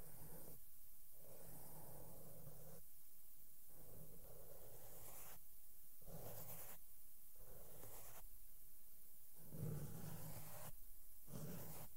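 Makeup brushes sweep over a microphone in soft, hissy strokes, each lasting about a second and broken by short pauses, roughly eight across the stretch. A low rumble runs underneath, with light thumps near the tenth second where the mic is touched.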